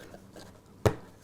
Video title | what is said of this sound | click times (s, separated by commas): Building Laser-Cut Kits at Chadwick Model Railway - 248. | twiddling it you'll hear it snap in that's it | 0.9 s